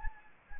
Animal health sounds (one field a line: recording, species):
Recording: mosquito wingbeat signal from an infrared sensor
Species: Anopheles gambiae